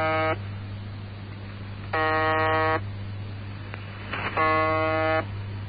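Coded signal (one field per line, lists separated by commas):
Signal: numbers station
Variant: UVB-76 (The Buzzer)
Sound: harsh rasping buzzes under a second long, repeating every couple of seconds, over low hum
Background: radio static and hum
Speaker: the Russians are in on the game too demonstrated by this station known simply as the buzzer which broadcasts around the clock from a Moscow suburb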